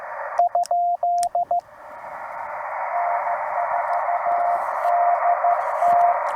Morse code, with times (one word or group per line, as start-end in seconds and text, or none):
0.4-1.6 ?
2.9-6.1 N4DT